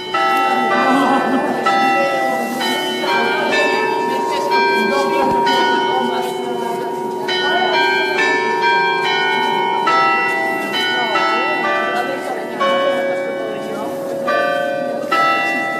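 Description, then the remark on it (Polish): The city carillon of Gdańsk, Poland, rings out the hour at 17:00, opening the hour on Polish Radio Program 3 (Trójka) on Friday, 18 January 2019: a steady melody of overlapping, resonant bell tones, each note sustaining into the next, loud and continuous throughout with no voices. “Kurant miejskie z Gdańska rozpoczęły tę naszą godzinę w Trójce po 17.”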